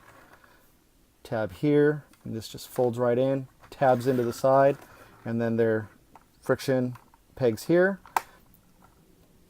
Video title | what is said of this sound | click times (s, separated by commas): Transformers Titans Return Autobots Apex and Power Master Optimus Prime Review | hear that click into place do the same thing on this side there | 8.2 s